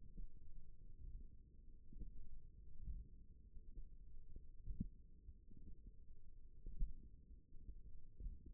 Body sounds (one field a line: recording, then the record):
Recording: forearm muscle sounds (acoustic myography)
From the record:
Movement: hook grip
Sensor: system 1, eight BSWA MPA416 microphones around the upper forearm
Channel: 4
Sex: female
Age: 21 years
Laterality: right